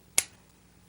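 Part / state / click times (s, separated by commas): lancing device plunger released from its cocked latch / released / 0.2 s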